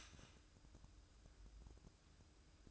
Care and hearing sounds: daily activity, microphone in the room; start toaster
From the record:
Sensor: 2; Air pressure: 1007.1 hPa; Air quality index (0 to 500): 39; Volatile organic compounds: 1 ppm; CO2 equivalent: 538 ppm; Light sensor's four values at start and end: 6/14/6/6 and 6/14/6/6

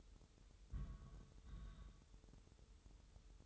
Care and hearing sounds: daily activity, microphone in the room; place on stove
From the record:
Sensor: 3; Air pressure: 988.3 hPa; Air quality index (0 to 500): 191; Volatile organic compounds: 264 ppm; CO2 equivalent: 4397 ppm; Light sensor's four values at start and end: 24/75/31/27 and 24/75/31/27

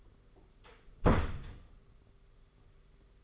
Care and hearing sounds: daily activity, microphone in the room; close door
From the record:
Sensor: 4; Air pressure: 991.2 hPa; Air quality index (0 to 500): 134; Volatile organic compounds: 47 ppm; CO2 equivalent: 3261 ppm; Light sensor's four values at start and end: 12/30/12/13 and 9/22/8/9

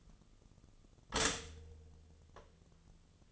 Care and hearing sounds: daily activity, microphone in the room; stop toaster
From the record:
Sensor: 4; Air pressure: 1010.1 hPa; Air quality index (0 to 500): 182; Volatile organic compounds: 6 ppm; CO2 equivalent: 1839 ppm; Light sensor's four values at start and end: 23/69/27/27 and 23/69/27/27

